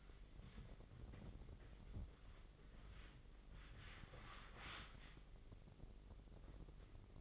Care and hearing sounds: daily activity, microphone in the room; wipe stove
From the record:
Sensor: 4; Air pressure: 996.8 hPa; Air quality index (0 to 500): 92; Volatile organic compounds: 5 ppm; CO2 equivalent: 1782 ppm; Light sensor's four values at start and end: 17/47/18/19 and 16/46/17/18

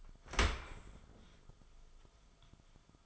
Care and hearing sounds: daily activity, microphone in the room; open dishwasher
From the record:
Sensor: 5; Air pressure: 1004.8 hPa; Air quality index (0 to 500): 93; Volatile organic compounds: 2 ppm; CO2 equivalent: 1122 ppm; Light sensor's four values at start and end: 33/75/30/30 and 33/75/31/30

